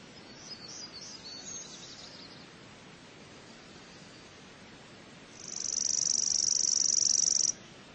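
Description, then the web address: Chipping sparrow song: a fainter, uneven trill early on, then one loud, dry, rapid trill of chips held on a single high pitch for about two seconds. "cotor. Chipping Sparrow"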